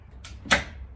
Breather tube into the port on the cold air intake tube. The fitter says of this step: give it a nice little end and it will snap right in place as you can see rotate